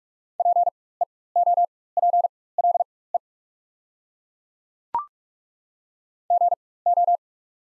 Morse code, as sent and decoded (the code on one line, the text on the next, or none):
.--. . --- .--. .-.. . / --. ---
PEOPLE GO